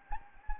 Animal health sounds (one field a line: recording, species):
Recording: mosquito wingbeat signal from an infrared sensor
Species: Anopheles gambiae